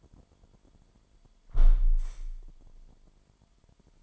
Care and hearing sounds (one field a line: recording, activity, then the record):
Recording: daily activity, microphone in the room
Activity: close window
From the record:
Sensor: 5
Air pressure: 998.7 hPa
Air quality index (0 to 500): 100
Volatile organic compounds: 2 ppm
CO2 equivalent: 1158 ppm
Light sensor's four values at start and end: 34/82/34/39 and 34/82/34/39